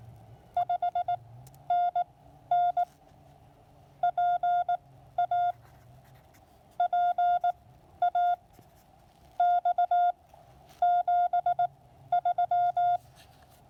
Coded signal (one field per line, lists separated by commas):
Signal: Morse code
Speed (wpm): 17 wpm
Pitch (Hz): 710 Hz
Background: none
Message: 5NN PAPA X 73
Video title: Speedy POTA Activation: Taking the lab599 Discovery TX 500, Packtenna 9:1, and T1 to Lake James